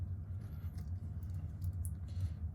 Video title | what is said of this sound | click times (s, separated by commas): Review: Invicta 61mm Gladiator | and it'll pop out and you can set the time | 1.6 s, 1.9 s